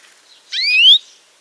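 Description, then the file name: European greenfinch gives a single drawn-out nasal wheeze lasting about half a second, rising steadily in pitch, with faint soft notes before it. "Chloris chloris"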